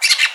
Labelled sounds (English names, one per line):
Brown-throated Parakeet contact call